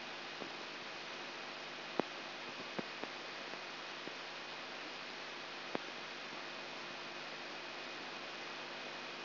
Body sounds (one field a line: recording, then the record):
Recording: brain microelectrode recording played as sound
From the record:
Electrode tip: outside the subthalamic nucleus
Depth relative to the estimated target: -4 mm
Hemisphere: left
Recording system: AlphaMap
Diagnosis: Parkinson's disease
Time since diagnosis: 8 years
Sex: male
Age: 59 years